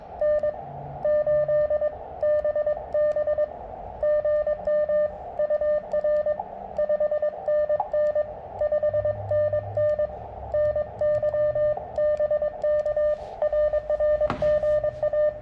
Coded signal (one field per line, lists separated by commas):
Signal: Morse code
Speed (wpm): 22 wpm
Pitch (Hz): 590 Hz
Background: none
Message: N8BB GM UR 5NN 5NN NY BK RR GA